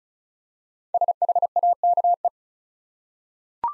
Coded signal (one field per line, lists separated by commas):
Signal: Morse code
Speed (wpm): 36 wpm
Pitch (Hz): 700 Hz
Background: none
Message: SHAKE